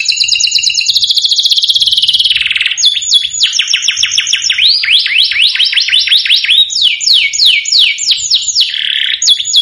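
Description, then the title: Domestic canary song: a fast trilled run of rapid notes, then a series of loud descending whistled sweeps repeated several times per second, with high chips above. Canary song played to excite a Belgian canary and provoke it into singing in response. "Canto Para Esquentar Canário Belga. Suara Kenari Bikin Emosi & Langsung Nyaut"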